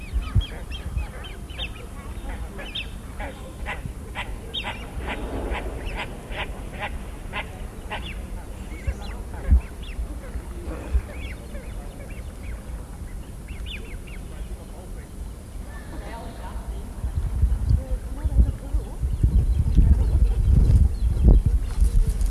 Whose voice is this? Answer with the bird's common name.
Great Crested Grebe